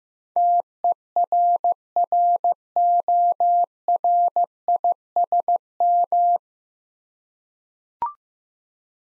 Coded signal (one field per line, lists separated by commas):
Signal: Morse code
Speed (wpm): 15 wpm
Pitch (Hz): 700 Hz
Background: none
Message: TERRORISM